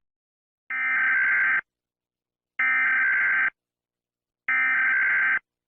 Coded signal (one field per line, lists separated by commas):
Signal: Emergency Alert System (SAME) tones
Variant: header bursts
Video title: EAS alarm emergency alert system Rosie gets ungrounded from me oh my freaking goodness!